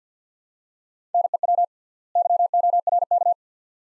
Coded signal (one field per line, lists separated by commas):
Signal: Morse code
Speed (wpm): 50 wpm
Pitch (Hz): 700 Hz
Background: none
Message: NEW YORK